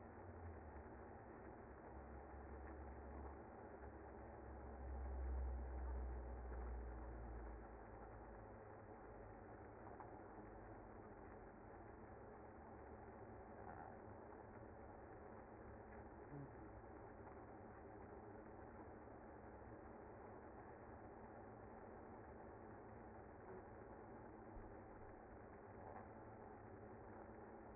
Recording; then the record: honeybee colony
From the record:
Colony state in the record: active